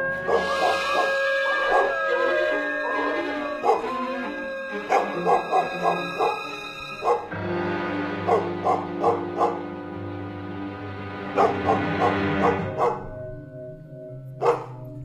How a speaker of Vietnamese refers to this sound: Lẫn trong tiếng gió là tiếng của bầy chó ở trong làng cứ sủa lên ầm ầm, rồi nó chu lên kinh người.